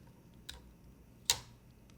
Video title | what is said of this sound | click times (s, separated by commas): QK75N — A Great Keyboard At $180, With A Flaw. | there's two magnets here that allows it to just lock into place | 1.3 s